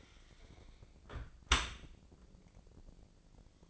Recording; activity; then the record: daily activity, microphone in the room; close dishwasher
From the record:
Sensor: 5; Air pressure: 1012.4 hPa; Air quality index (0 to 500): 157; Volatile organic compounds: 2 ppm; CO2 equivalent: 1067 ppm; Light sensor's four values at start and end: 93/224/94/104 and 93/223/93/103